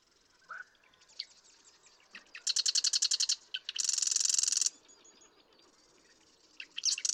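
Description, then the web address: Marsh Wren song: a stuttering series of dry clicks running into a dense, loud, buzzing trill about a second long, then quiet, with a new song beginning. "birdsongforthecurious songs Marsh Wren"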